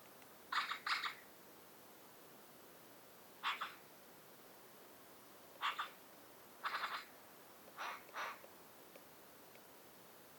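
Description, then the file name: Eurasian magpie harsh chattering calls in quick doubled and tripled rasps, repeated every one to three seconds over faint hiss. "Pica pica"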